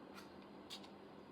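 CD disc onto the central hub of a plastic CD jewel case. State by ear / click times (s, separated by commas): not seated / none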